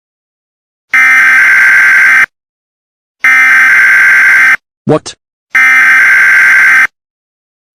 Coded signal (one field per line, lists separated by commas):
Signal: Emergency Alert System (SAME) tones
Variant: header bursts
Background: speech